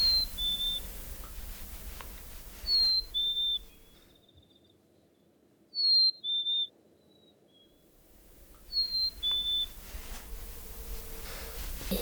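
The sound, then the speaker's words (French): A person whistles an imitation of birdsong: short, high two-note chirps, the second slightly lower, repeated four times at intervals of a few seconds over a soft background hiss. “Bah, j'entends ça et du coup ça rentre dans ma tête et parfois je le fais. Les oiseaux qui chantent.”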